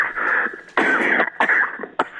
Quite a heavy cough.